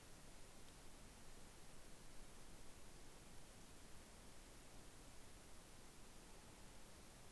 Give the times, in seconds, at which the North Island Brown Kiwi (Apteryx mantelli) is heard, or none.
none